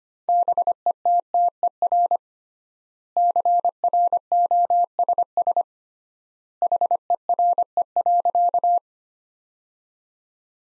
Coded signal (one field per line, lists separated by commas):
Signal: Morse code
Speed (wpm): 25 wpm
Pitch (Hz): 700 Hz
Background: none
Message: BETTER CROSS HERE.